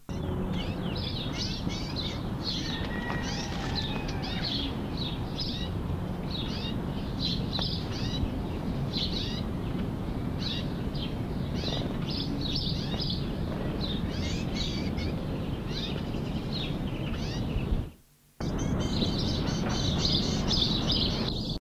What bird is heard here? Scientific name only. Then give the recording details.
Sylvia atricapilla. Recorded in the wild. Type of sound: call. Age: subadult. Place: Hannover, Niedersachsen, DE. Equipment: Halbspur, 9,5 cm/s. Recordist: Lütgens, Hans. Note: Flügges vor Hannover